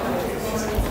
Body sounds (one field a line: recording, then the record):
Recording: background sound without coughing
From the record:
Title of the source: 40 min - Ambience sounds UNIVERSITY lunchroom chatting